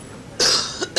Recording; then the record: coughing mixed with background sound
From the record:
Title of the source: November cold (wet coughing)